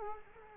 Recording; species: mosquito wingbeat signal from an infrared sensor; Culex quinquefasciatus